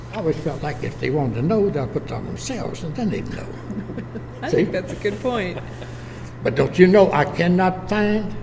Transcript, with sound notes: I always felt like if they wanted to know, they ought to put it on themselves, and then they’d know [chuckles]
I think that’s a good point.
But don’t you know, I cannot find,